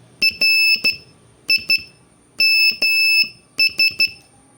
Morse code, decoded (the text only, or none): RIMS